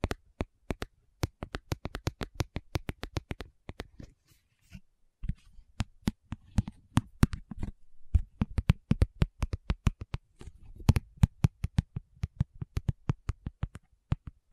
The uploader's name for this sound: Tapping Session (No Talking)